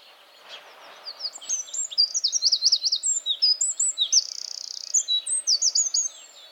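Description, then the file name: Eurasian wren uttering very high, rapid twittering notes and trills, with a sustained buzzy rattle in the middle, lasting several seconds over faint background noise. "Troglodytes troglodytes"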